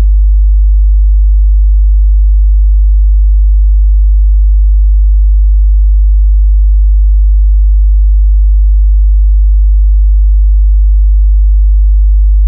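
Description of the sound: A steady, very low pure hum of about 50 Hz, played as a test tone for tinnitus determination, to help match the pitch of a person's tinnitus.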